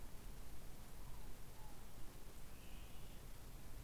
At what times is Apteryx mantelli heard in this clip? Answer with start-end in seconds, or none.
none